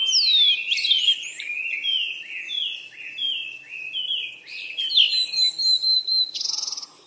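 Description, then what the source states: Bird song: a continuous warbling stream of varied whistled notes rising and falling, closing with a buzzy high trill. Birds playing.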